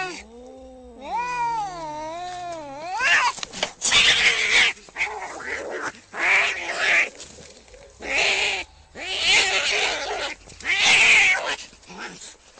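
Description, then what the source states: Domestic cat opening with a wavering, warbling growl-yowl, then breaking into a run of harsh, explosive hisses and spits at irregular intervals. Angry cat.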